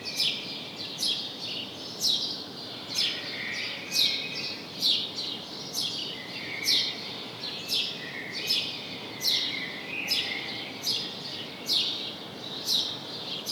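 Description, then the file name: House sparrow calls: loud, clipped chirps at an uneven pace, interspersed with quieter lower chatter, against a constant soft noise floor. "Passer domesticus"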